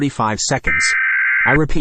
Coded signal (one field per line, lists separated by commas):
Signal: Emergency Alert System (SAME) tones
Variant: header bursts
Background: speech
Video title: EAS Scenario: World War 3